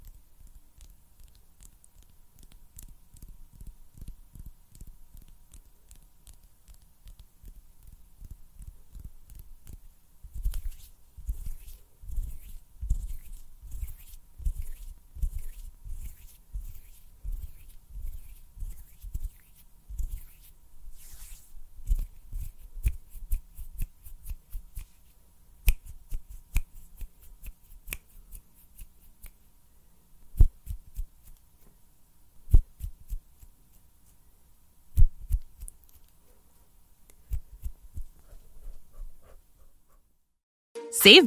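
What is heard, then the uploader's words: Hand sounds: soft rubbing and light patting start quietly, then become dense, rapid strokes from about ten seconds on. Sharper snap-like clicks stand out later, around 30, 33 and 35 seconds, with a loud burst at the very end. ASMR HAND SOUNDS AND SNAPPING - NO TALKING.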